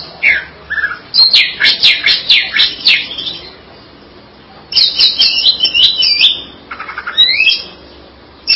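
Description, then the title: Greater green leafbird song: rapid bursts of varied, chattering and whistled notes, loud phrases clustered between pauses, with a quieter gap midway before another sharp run of notes. "Cucak ijo"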